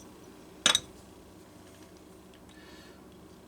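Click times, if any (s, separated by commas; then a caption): 0.7 s. A driver fitted to the metal screw in the ignition points box of a McCulloch Pro Mac 55 chainsaw is turned, and the screw slips with a sharp metallic clink at 0.7 s, followed by a brief second tap. The points box screw is stripped out.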